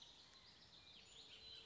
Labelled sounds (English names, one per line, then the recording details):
Bullock's Oriole
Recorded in Sonoma County, California